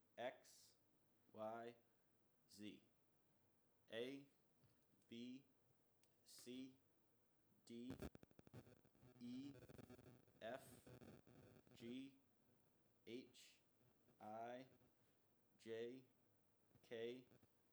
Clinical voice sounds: letters of the alphabet, spoken; free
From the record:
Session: first day, before the bite bar

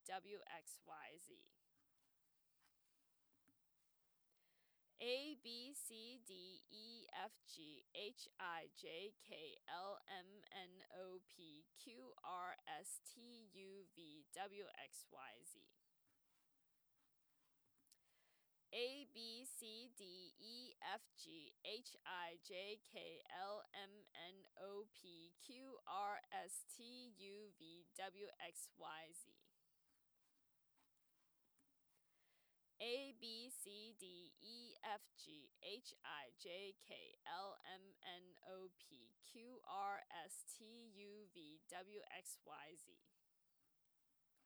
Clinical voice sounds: letters of the alphabet, spoken; free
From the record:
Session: first day, before the bite bar

